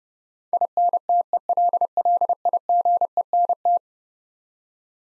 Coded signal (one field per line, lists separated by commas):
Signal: Morse code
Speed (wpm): 31 wpm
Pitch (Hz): 700 Hz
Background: none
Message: INTELLIGENT